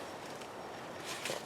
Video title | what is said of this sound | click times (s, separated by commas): Hoover Upright Breathe Easy Belt Replacement | there's a there's a lip here kind of just snaps in I think there we go make sure | 1.2 s